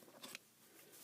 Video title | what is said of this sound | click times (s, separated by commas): Video Review of the Transformers Platinum Edition: Grimlock VS Bruticus | you got to bring it up and then pull it up until it clicks. | 0.2 s, 0.3 s